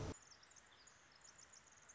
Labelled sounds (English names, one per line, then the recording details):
Pacific Wren
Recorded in Sonoma County, California